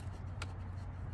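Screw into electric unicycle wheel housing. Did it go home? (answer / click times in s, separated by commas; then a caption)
yes / 0.4 s. A screw is turned backwards into a threaded hole in the wheel housing of a Gotway Begode MSuper X MSX 84V electric unicycle, with a steady low hum underneath. At 0.4 s the screw thread drops into start with a small, sharp click. The screw is seated and then tightened.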